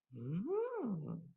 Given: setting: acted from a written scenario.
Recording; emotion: vocal sound without words; desire